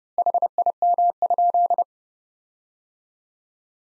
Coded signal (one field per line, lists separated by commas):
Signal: Morse code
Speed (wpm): 32 wpm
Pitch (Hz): 700 Hz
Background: none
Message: HIM?